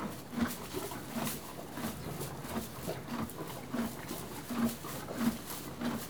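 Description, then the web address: Horse chewing in a brisk rhythm of muted crunches, with faint rustling throughout. One horse eating hay and moving. "BBC Sound Effects Library Horses One horse eating hay, and moving"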